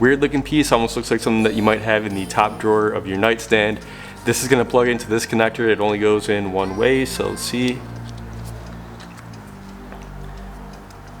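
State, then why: Not seated. Someone talks while holding an adapter plug from the new steering wheel harness of a BMW race display wheel install, which goes into its mating car wiring connector near the computer in the passenger footwell and fits only one way. After the talking stops at about 8 seconds, only quiet handling with a couple of faint ticks is heard as the plug is brought to the connector. Nothing has seated or clicked yet.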